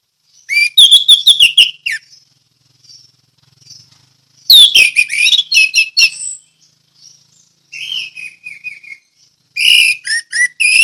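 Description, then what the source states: Orange-headed thrush song in loud bursts of rapid whistled and chattering notes, separated by pauses holding soft short whistles. Ngeplong song style.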